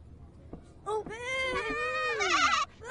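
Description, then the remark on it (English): A single drawn-out sheep bleat, loud and nasal, that slides down in pitch and ends in a quavering, trembling wobble before cutting off. “The shepherd took care of his sheep every day.”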